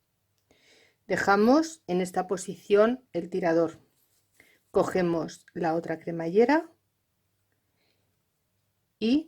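Someone talks while picking up the other zipper tape and lining it up with the zipper slider, with the pull tab left in position. A couple of faint, brief handling sounds come between the talking. The tape has not clicked into the slider yet.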